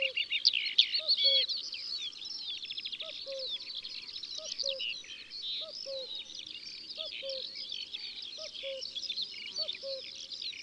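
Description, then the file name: Eurasian skylark song, a busy high warble running throughout, while another bird repeats a low paired two-note call. Sung in the countryside. "Alouette des champs Chants doiseaux dans la campagne"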